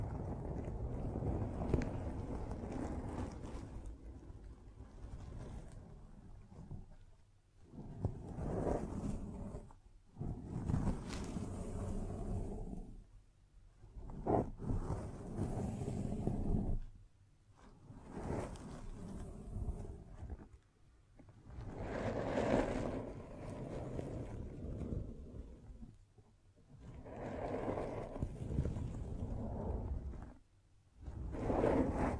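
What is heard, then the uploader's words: Scratching and tracing across a surface in long, rough strokes that rumble low and fill the sound densely. Each stroke runs a few seconds, broken by brief silent pauses around every three to five seconds, with a few sharper scrapes brightening the texture. Scratching, Tracing, Tapping.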